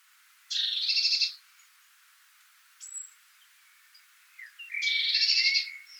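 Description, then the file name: Eurasian blue tit giving buzzy, churring scold calls in two bursts about four seconds apart, with a thin high note and soft chips between them. "Cyanistes caeruleus"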